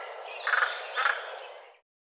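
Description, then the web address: Bird calls: two brief, rough notes half a second apart over constant background hiss. "cianscape birddata Deverinetal"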